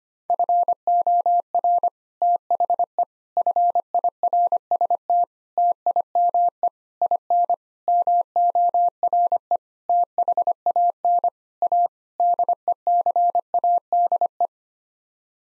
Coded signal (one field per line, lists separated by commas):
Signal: Morse code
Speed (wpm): 25 wpm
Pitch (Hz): 700 Hz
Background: none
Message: FOR THE FIRST TIME IN MORE THAN A DECADE